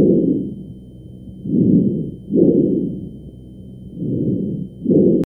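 Loud, hollow, harsh breath sounds come in paired bursts, with inspiration and expiration of similar length and a brief gap between them, at about 24 breaths a minute. These are normal tracheal (bronchial) breath sounds, as heard over the trachea of an adult.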